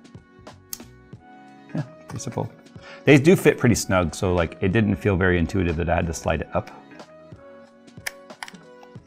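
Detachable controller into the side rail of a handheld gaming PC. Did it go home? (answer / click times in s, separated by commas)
no / none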